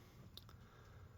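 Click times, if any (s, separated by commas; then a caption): none. The main blade of a Myth Gear folding multi-tool is being opened in the pliers handle. Two short handling ticks sound at about 0.4 s and 0.5 s over a low background hum. The blade has not locked open yet, and nothing has seated or clicked home.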